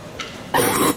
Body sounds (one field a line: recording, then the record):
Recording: coughing mixed with background sound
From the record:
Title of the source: 30 Chesty and wet cough